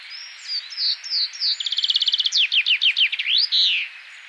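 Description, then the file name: Common chaffinch song: a few introductory notes, then a rapid rattling trill, slower descending notes and a closing flourish. "Fringilla coelebs"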